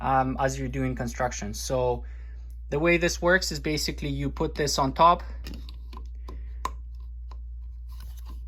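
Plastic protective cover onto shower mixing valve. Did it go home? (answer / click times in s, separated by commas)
yes / 6.6 s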